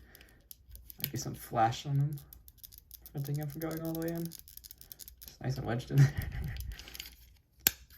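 Someone talks while pressing a small plastic droid figure, which was not fully seated, into its socket on a Jazwares Micro Galaxy Squadron Jedi starfighter toy. A sharp, loud snap rings out at 7.7 s, and the droid is confirmed seated all the way in.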